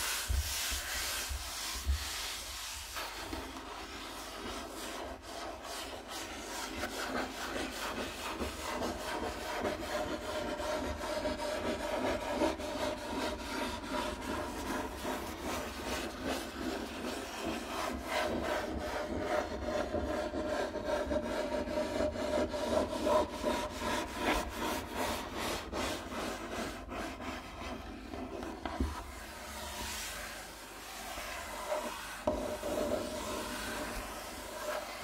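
Rubbing and scratching on a wooden table, a dense rasping texture of rapid repeated strokes that swells midway, then eases and shifts pattern near thirty seconds.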